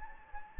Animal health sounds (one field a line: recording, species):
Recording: mosquito wingbeat signal from an infrared sensor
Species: Anopheles gambiae